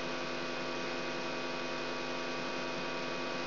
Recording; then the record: brain microelectrode recording played as sound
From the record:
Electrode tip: outside the subthalamic nucleus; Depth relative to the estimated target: 1 mm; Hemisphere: left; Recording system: AlphaMap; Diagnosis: Parkinson's disease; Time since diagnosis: 16 years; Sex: male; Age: 67 years